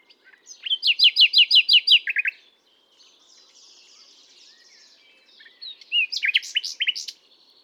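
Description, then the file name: Common nightingale singing a rapid series of loud repeated chirping notes, then a soft pause and another rich burst of varied notes. "Luscinia megarhynchos"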